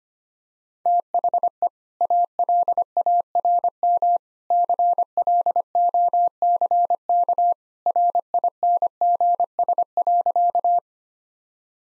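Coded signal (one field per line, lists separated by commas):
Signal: Morse code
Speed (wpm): 25 wpm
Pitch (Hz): 700 Hz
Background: none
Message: THE ALARM CLOCK RINGS.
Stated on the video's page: Morse code practice sentences at 25 wpm with contextual hints, a copying drill.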